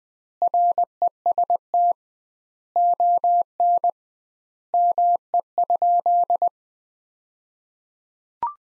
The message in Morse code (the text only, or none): REST ON ME?